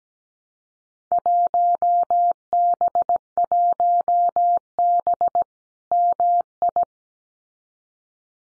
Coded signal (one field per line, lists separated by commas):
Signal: Morse code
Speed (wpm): 17 wpm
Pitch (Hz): 700 Hz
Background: none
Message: 1B1B MI